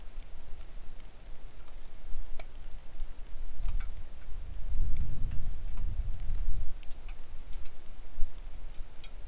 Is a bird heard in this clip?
no